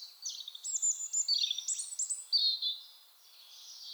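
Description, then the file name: European robin giving a short burst of high, sweet, fluting and trilled notes that tail off into a faint, hissy fade. "Erithacus rubecula"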